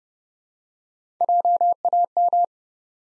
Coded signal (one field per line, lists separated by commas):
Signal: Morse code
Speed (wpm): 29 wpm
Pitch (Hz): 700 Hz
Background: none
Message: JAM